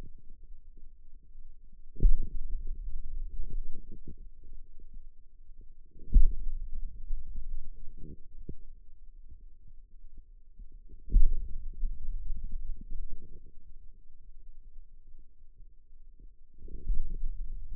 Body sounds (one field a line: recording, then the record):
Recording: forearm muscle sounds (acoustic myography)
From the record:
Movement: pen grasping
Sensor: system 2, bracelet of six BSWA MPA416 microphones around the upper forearm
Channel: 2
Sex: male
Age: 22 years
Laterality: right